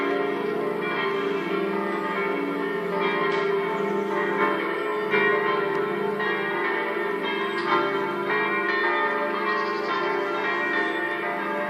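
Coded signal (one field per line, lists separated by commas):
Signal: bell signal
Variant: distesa, five swinging bells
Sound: several large church bells swinging and ringing continuously in overlapping full peal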